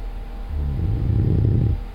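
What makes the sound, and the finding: Adult during sleep. Snoring.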